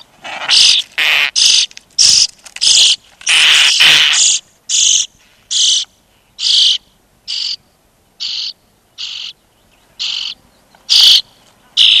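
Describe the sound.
European starling uttering a rapid series of harsh, scratchy notes, dense and overlapping at first, then spaced out into short buzzy bursts about once a second.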